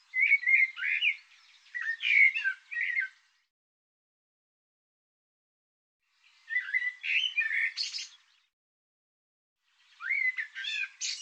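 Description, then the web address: Bird song in three bursts of varied chirpy, warbled notes separated by silent gaps, the last cut off. Labelled 'Tu Me Tu Me'. "cianscape birddata Deverinetal 2025 Bird Tu Me Tu Me"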